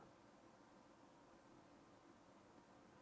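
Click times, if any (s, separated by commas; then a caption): none. A turned pen part made from a resin or acrylic blank is being turned backwards by hand on the pen body's mating thread to feel where the thread starts, so the threads don't get stripped. Only steady, even noise is heard, with no distinct hits. The thread has not engaged and nothing has clicked yet.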